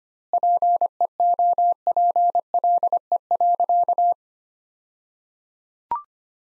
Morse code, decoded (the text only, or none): PEOPLE.